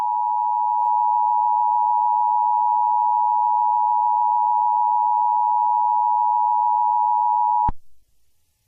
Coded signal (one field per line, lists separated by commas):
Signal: Emergency Alert System (SAME) tones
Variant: 853 and 960 Hz attention tone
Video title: EAS Scenario #12: Perfect Mimicry